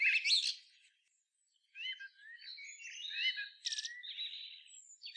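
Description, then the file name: Common blackbird song, fairly soft: a brief high twitter, a pause, then a longer rambling phrase of warbled whistles and thin squeaky notes. "Turdus merula"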